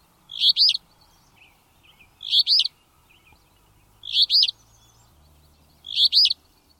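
Alder flycatcher song: a short, burry, two-part phrase with an emphasized high note, given four times about every two seconds over a quiet background.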